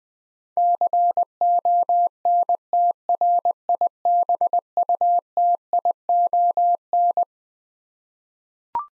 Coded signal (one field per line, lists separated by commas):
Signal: Morse code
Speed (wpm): 20 wpm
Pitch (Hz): 700 Hz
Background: none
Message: CONTRIBUTION